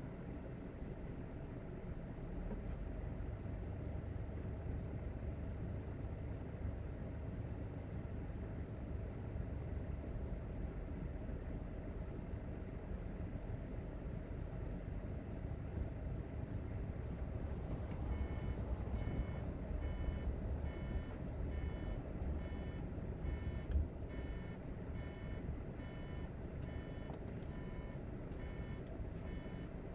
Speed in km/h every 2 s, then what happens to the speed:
6, 8, 10, 11, 10, 10, 11, 15, 19, 23, 21, 16, 13, 11, 8.
0-12 steady at about 10. 12-17 speeds up to 23. 17-30 slows to 8.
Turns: 23-30.